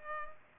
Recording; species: mosquito wingbeat signal from an infrared sensor; Culex pipiens